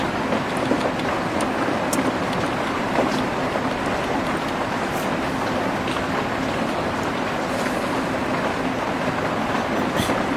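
Rain falls steadily, a dense, even patter spread across the whole clip with small bright drips popping out now and then. Beneath it runs a constant low rumble and hum, like machines running indoors, holding level throughout without any clear breaks.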